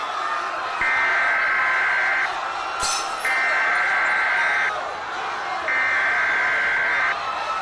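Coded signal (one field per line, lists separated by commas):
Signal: Emergency Alert System (SAME) tones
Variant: header bursts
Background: speech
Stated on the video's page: Fictional EAS mini scenario.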